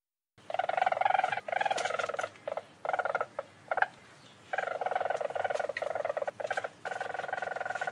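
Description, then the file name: Weasel trills: rapid pulsed bursts, a few short clicks, a quieter pause mid-way, then a long continuous chattering run. "menyét"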